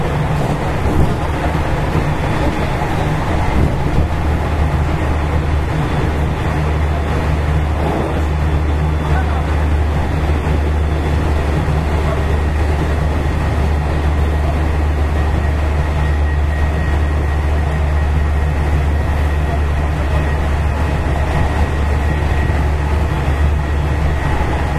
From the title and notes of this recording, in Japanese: JR西日本207系0番台(F1編成) JR神戸線普通 尼崎から神戸まで。It is running sound of JR West Japan Series 207 train.I recorded on the local train of Kobe Line.The section is from Amagasaki to Kobe.西日本旅客鉄道 207系電車の走行音です。